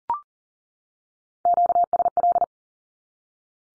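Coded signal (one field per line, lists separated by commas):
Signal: Morse code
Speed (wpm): 42 wpm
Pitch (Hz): 700 Hz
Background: none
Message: QSL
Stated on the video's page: Morse Q-code drill at 40wpm, each code sent, then spoken, then sent again.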